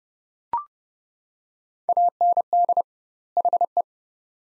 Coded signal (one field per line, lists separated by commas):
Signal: Morse code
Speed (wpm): 29 wpm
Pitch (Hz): 700 Hz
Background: none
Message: AND HE